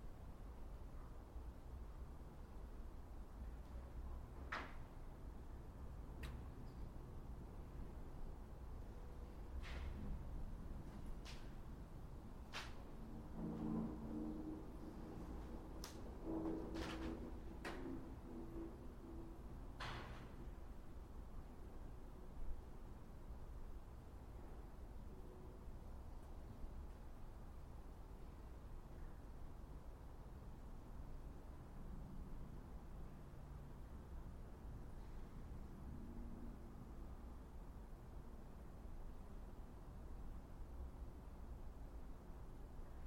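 Inside a mausoleum, a steady low rumble fills the space while sharp knocks and clicks ring out every second or two between about 4 and 20 seconds. Faint murmuring voices surface around 14 and 17 seconds, and the rest settles into quiet hum.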